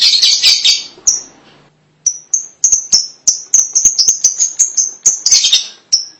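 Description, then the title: Lovebird chirps: a short shrill chatter, a brief pause, then a rapid run of piercing high chirps. "BM Suara Burung Lovebird"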